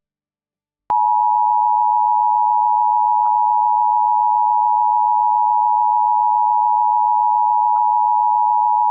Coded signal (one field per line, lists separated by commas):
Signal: Emergency Alert System (SAME) tones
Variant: 853 and 960 Hz attention tone